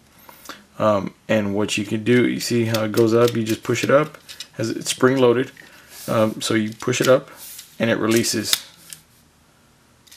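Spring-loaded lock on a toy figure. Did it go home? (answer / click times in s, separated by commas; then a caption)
yes / 8.9 s. A spring-loaded plastic locking mechanism on a large toy figure is pushed up while someone talks. It clicks into place at 8.9 seconds, a short sharp snap after the speech.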